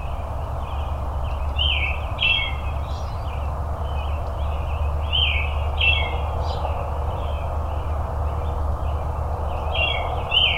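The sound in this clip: Robin delivering a run of rapid, high, warbled notes in loose phrases, accompanied throughout by a continuous low background drone.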